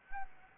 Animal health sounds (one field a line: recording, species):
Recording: mosquito wingbeat signal from an infrared sensor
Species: Aedes albopictus